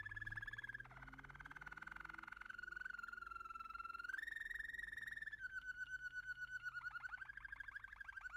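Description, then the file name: American canary song: a dense, rapid roll gliding slowly up and down in pitch, ending in coarser, slower pulses. "canto do canario americano"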